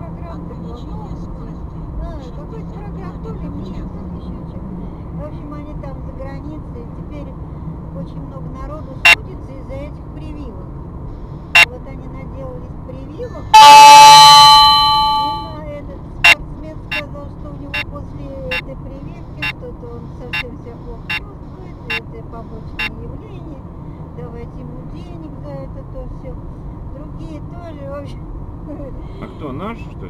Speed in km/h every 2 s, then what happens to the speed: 50, 50, 50, 50, 50, 48, 49, 48, 47, 45, 44, 43, 43, 43, 44.
0-30 steady at about 48.